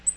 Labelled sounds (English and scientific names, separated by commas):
Black-throated Green Warbler (Setophaga virens) flight call